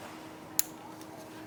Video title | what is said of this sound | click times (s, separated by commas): How to Install HIDs [Conversion Kit] DIY | and push in until it clicks, | 0.6 s